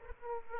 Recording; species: mosquito wingbeat signal from an infrared sensor; Aedes aegypti